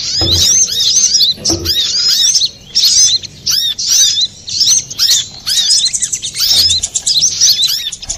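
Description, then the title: Little spiderhunter song of fast, piercing, slurred chirps run together in bursts separated by short gaps, plus faint low knocks. Master recording used for training cage birds. "Masteran Burung Sogok Ontong Labaik"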